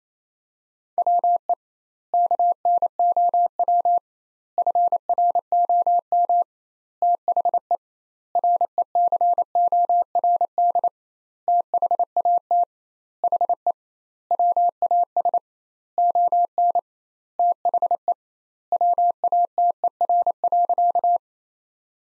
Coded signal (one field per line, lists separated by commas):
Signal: Morse code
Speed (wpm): 27 wpm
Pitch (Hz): 700 Hz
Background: none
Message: WE KNOW FROM THE RECORD THAT HE WAS ON THE WATER.